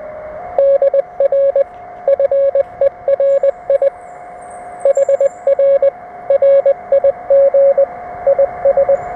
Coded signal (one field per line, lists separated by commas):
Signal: Morse code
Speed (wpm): 20 wpm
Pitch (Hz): 550 Hz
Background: radio noise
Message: DR FERI HR RIG IS